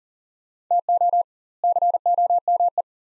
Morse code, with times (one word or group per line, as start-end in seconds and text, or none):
0.7-1.2 TO
1.6-2.8 COME